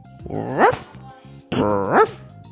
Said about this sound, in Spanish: Lo único que sé es que a las 5 de la mañana la perra ladrando.